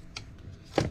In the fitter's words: and then you just snap in the blade until it clicks once